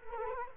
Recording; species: mosquito wingbeat signal from an infrared sensor; Culex quinquefasciatus